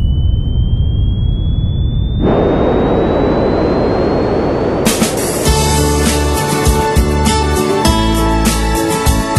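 A jet airplane engine spools up, its high whine climbing steadily in pitch over a swelling, loud roar, then a band's music bursts in as a song intro and plays over the fading engine noise.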